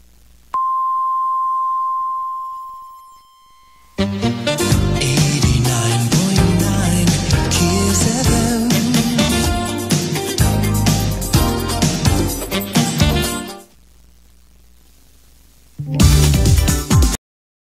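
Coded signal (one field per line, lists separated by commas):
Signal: radio time signal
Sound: one long steady beep fading out, followed by an upbeat music jingle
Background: music jingle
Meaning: Marks the top of the hour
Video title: [JOIV]20161029 Kiss FM KOBE 時報 ジングル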